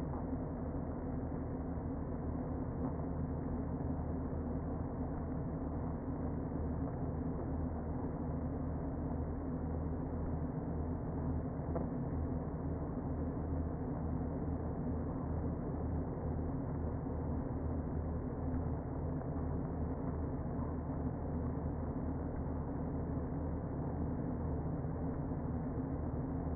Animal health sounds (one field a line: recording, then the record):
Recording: honeybee colony, microphone inside the hive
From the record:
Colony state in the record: queen present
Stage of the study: before two queens were removed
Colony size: about 60,000 bees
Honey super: yes